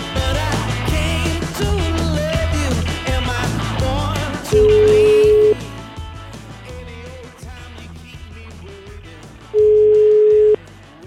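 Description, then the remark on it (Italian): Two steady, mid-pitched telephone ringing tones of a call being placed to a man, each lasting about a second and spaced several seconds apart, sound over loud rhythmic background music with a thumping bass. “Io una telefonatina gliela farei a questo signore, vediamo come reagisce.”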